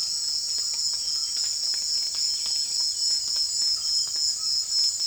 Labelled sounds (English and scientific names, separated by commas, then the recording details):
none
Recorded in secondary vegetation near Puerto Asís, Putumayo, Colombia, on 19 June 2025 at 18:00
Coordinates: 0.485, -76.322
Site GP06